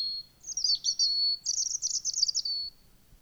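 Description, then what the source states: European robin song phrase: a sweet, high, tinkling warble running into a quick trill, ending in a thin drawn-out note. Song described as thin, soft, clear warbles and short trills with abrupt stops; softer in autumn.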